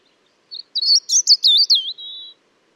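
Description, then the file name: European robin singing: a short high note, then one rapid warbling, tumbling phrase that settles into a longer, slightly falling whistle. "Erithacus rubecula"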